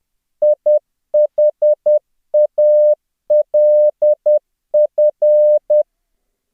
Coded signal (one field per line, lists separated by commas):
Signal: Morse code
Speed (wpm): 10 wpm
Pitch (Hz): 600 Hz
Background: none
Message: IHALF